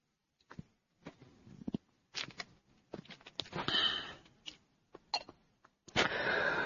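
A run of short, rough coughs comes in uneven bursts with breathy sniffing between them, ending in a longer harsh exhale. No one speaks.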